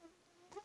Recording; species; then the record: mosquito flight sound by mobile phone; Aedes sierrensis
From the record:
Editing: cut to the mosquito's sound